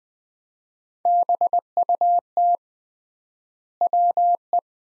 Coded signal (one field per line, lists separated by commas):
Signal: Morse code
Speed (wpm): 20 wpm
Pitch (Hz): 700 Hz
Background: none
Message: BUT WE